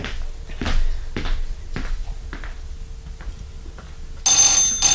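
A few soft, scattered thumps like footsteps, then a loud, shrill telephone bell abruptly starts ringing and keeps going until the end, with no one talking.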